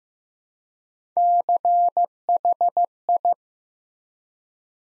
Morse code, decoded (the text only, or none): CHI